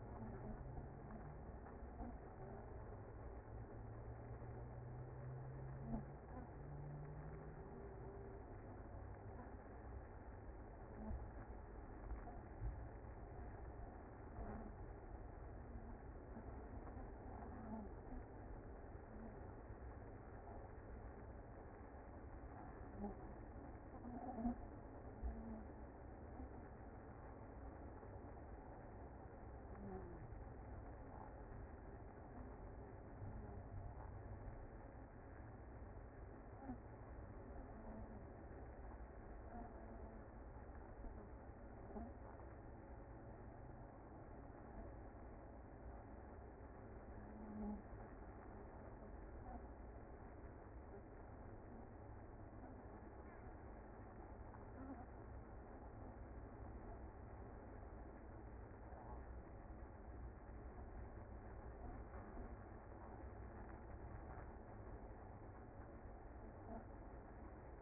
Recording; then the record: honeybee colony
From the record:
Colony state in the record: active